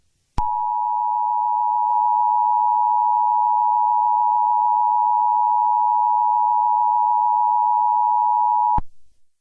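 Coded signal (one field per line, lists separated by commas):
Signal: Emergency Alert System (SAME) tones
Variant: 853 and 960 Hz attention tone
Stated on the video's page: Fictional volcanic eruption EAS scenario.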